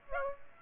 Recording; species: mosquito wingbeat signal from an infrared sensor; Aedes aegypti